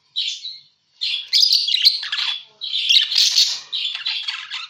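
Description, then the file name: Parakeet calls: harsh, squawky chattering in three bursts separated by short silences, the later bursts denser and louder. Parakeet calls used as a lure sound for catching birds. "pancingan suara burung parkit"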